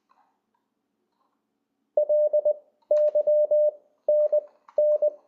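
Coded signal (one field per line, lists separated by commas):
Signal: Morse code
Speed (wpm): 20 wpm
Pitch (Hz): 600 Hz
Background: none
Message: LYNN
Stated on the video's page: Morse from LCWO, an online tool for learning CW.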